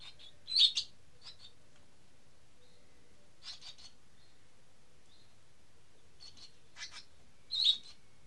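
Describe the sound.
Bird chirps, a few high tweets at the start and end, separated by quieter scratchy rasping bursts and short pauses.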